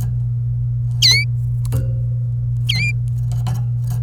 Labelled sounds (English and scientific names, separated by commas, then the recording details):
Domestic Canary (Serinus canaria) song
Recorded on 26 April 2018 at 16:19
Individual llb3